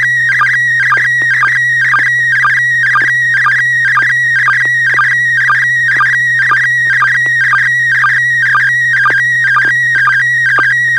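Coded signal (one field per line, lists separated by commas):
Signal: SSTV (slow-scan television)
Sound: warbling steady whistle with rhythmic ticking chirps about twice a second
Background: low hum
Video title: N6NA SSTV Net - 09/15/2021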